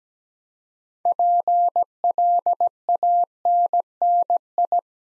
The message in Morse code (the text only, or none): PLANNI